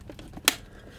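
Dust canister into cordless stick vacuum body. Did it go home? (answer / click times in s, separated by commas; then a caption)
yes / 0.5 s. With a Dyson DC35 Digital Slim cordless stick vacuum held upside down and the lid open, the plastic dust canister is pushed back onto the main body. A few faint taps come first, then a single sharp, firm click at 0.5 s as the canister seats home.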